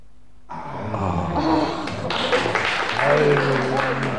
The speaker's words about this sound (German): Danke für den Applaus.